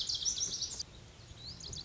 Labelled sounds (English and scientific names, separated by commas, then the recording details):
Lazuli Bunting (Passerina amoena)
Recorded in Sonoma County, California